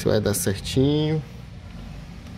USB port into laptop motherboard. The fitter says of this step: não encaixou certo os dois terminais aqui ó desse do Canto